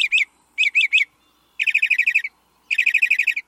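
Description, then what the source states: Northern Mockingbird song: a doubled chirp, then a triple chirp, followed by two fast runs of repeated high notes. Mockingbird song is very distinctive and recognised instantly within its U.S. range, covering most of the country except the northern west and midwest.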